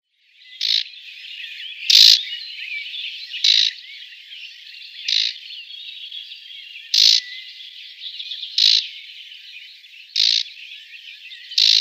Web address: Schulze Peter Marsh Warbler rattlecall